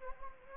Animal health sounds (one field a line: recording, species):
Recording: mosquito wingbeat signal from an infrared sensor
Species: Anopheles gambiae